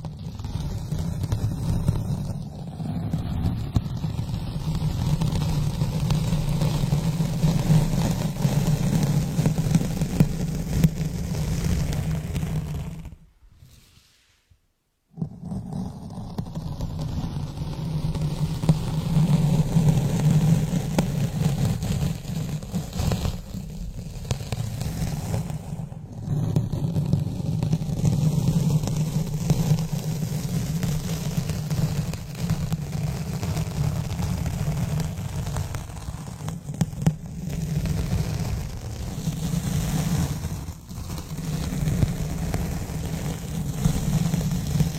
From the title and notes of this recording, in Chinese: 刮擦专场｜指甲磨麦。